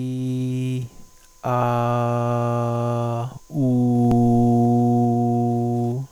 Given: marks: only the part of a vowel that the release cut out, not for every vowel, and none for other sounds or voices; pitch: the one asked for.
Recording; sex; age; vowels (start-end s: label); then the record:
sustained vowels; male; 30 to 39 years
0.00-0.70 s: vowel /i/, normal pitch
2.19-3.05 s: vowel /a/, normal pitch
4.71-5.61 s: vowel /u/, normal pitch
From the record:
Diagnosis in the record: cluttering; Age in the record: 38 years